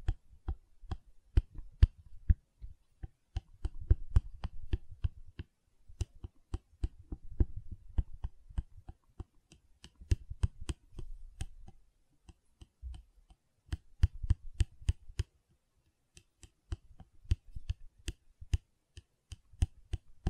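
Gentle silicon sounds made of sharp, irregular clicks and taps that keep coming throughout, sometimes in quick clusters. Soft, low rubbing or squishing fills patches around 3–8 seconds and 10–15 seconds, with brief quiet gaps near 12 and 16 seconds.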